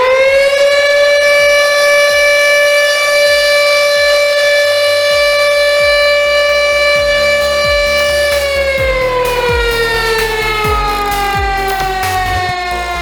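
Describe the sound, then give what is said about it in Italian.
A loud, sustained steelworks factory siren in Sesto, Italy, holds one steady wailing tone for several seconds, then slowly slides downward in pitch as it begins winding down, with no voices present. “Partiamo dal suono originale della sirena della Falca, che ora non si può più ascoltare.”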